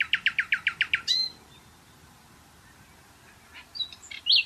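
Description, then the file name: Common nightingale song: a rapid series of several repeated pulsed notes ending in a whistle, then quieter scattered notes and a final high phrase. "Luscinia megarhynchos"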